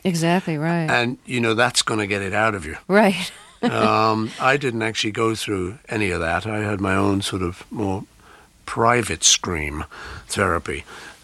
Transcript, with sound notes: Exactly, right.
And, you know, that's going to get it out of you.
Right (laughter)
I didn't actually go through any of that. I had my own sort of more private scream therapy.